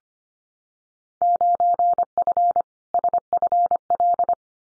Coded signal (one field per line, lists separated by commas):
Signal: Morse code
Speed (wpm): 25 wpm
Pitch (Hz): 700 Hz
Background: none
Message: 9F SFL